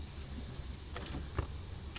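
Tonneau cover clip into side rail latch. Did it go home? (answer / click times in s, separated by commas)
no / none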